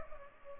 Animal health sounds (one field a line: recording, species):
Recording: mosquito wingbeat signal from an infrared sensor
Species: Culex pipiens